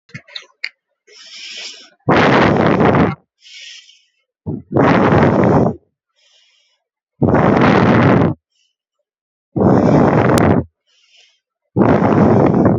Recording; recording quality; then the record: deep breathing; excellent, no background noise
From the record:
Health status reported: healthy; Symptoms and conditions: none ticked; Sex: female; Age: 21 years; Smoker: not ticked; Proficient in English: yes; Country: India